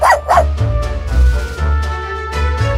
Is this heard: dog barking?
yes